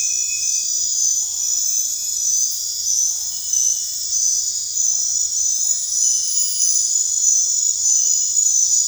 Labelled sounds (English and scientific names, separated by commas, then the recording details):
none
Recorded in dense forest near Puerto Asís, Putumayo, Colombia, on 21 December 2024 at 22:00
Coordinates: 0.468, -76.322
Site G071